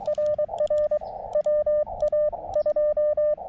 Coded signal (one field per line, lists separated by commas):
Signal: Morse code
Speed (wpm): 23 wpm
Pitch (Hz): 600 Hz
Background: radio noise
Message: RR WA2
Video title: Deja Vu: CW POTA at Chenango Valley State Park.....again......With the Elecraft KX2 and AX1 antenna